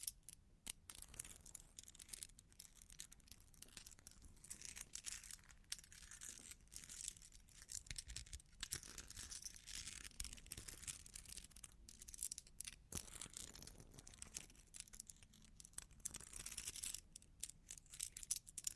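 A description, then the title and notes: Long claws tap and scratch in a dense, continuous run of bright, dry scraping and crinkling strokes. Short sharp taps break through the scratching irregularly, with brief pauses around one second and near seventeen seconds. A faint low rumble stays underneath. Long Claws Tapping and Scratching (No Talking).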